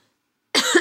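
Adult woman. Dry, non-productive, non-painful cough, from a mild case of COVID-19.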